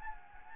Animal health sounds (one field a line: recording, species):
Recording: mosquito wingbeat signal from an infrared sensor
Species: Anopheles gambiae